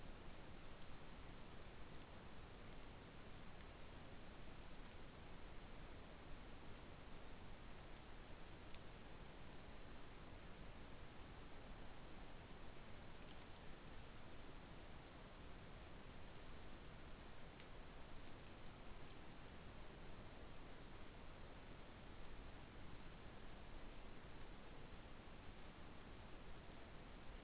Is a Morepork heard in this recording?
no